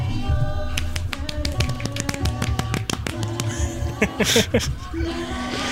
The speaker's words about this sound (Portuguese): Nice. Palmas.